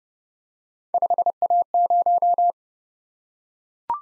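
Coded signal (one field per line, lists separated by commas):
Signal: Morse code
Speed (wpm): 30 wpm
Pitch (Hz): 700 Hz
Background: none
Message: 5A0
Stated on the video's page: Morse practice of three letter-number combinations, speed-racing format: starts fast, slows to a 20 wpm base, fastest 1.5 times slowest, final repeat at maximum speed.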